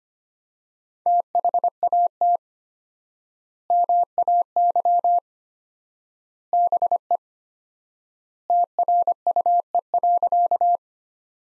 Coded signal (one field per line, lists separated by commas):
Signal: Morse code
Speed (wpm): 25 wpm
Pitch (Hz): 700 Hz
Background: none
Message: THAT MAY BE TRUE.